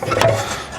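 A rear suspension arm assembly with shock and air bag on a 2016-onward Volvo XC90 T8 SUV is pushed into its mount on the rear axle. A short rubbing onset at 0.0 s is followed by a sharp hit at 0.2 s as the assembly clicks into place. A low hum continues underneath.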